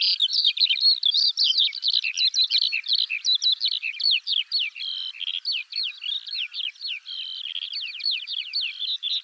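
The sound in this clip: Eurasian skylark song, continuous high-pitched twittering and slurred notes strung together rapidly with no breaks.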